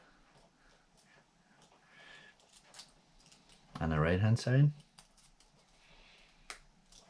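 Part 18 of a plywood Ugears Tugboat mechanical model kit is pushed into the model frame from the right-hand side, all the way until it clicks in. Someone talks briefly in the middle, amid faint handling noises. A sharp click at 6.5 s marks the part seating into place.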